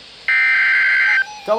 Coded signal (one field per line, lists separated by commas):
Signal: Emergency Alert System (SAME) tones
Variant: header bursts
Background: speech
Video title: (DOUBLE HEADER!!) Severe Weather Statements (EAS #186-187)